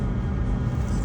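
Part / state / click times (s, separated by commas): wiring harness plug into ABS control module / not seated / none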